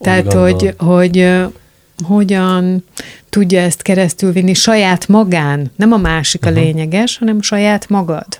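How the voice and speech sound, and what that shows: An adult speaks conversational Hungarian in a quiet room, with clear, steady voicing at a mid pitch. After a brief repeated word and a short pause near the start, the phrasing flows at a normal rate. This is ordinary fluent speech.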